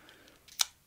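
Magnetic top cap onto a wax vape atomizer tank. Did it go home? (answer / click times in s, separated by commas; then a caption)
yes / 0.6 s. A magnetic top cap is put back onto a HoneyStick Extreme wax atomizer tank after it has been loaded with concentrate. A few faint taps come before a single sharp, loud snap at 0.6 s as the cap clicks into place with a firm connection.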